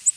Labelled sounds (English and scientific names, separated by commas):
Ovenbird (Seiurus aurocapilla) flight call